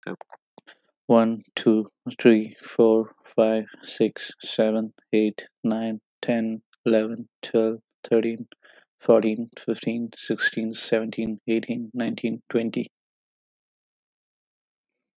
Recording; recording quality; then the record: counting at a normal pace; excellent, no background noise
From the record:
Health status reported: healthy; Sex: male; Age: 25 years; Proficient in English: yes